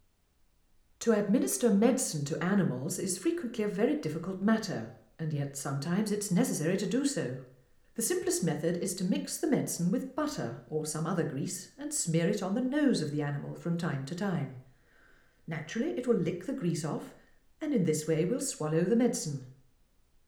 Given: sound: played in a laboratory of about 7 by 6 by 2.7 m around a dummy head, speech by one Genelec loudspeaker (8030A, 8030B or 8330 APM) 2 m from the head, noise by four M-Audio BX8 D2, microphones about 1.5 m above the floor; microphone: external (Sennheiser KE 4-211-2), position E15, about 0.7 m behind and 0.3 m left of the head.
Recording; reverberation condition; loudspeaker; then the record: female speech in English; medium; behind (180 degrees)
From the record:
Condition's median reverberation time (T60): about 510 ms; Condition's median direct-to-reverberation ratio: about -0.5 dB